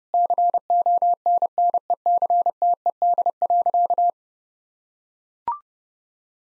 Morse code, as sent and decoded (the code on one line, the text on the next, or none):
-.-. --- -. -. . -.-. - . -.. .-.-.-
CONNECTED.